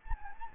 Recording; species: mosquito wingbeat signal from an infrared sensor; Anopheles gambiae